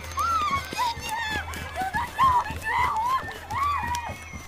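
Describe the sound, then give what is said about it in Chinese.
Several voices scream and wail in wavering, overlapping cries outside a dormitory room door while hurried footsteps thud irregularly underneath, a loud, chaotic scramble that never settles. “空中声音再次消失，只不过这次没安静多久，寝室门外就响起了更加惨烈的叫声和混乱脚步声。”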